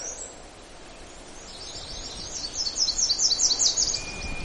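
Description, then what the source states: Nashville Warbler song: a quick series of high, thin repeated notes. Singing in mixed woods full of warblers in boreal forest of northeastern Minnesota.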